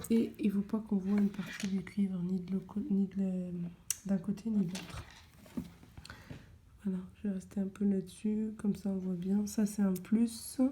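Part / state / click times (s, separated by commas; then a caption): LED strip end in a clip-on connector / seated / 6.1 s. A clip-on connector is closed over the end of a 12 V LED strip so that it holds firmly, is well clipped, and shows no copper on either side. Someone talks before and after two sharp snaps at 6.1 s and 6.1 s. The connector clip is seated.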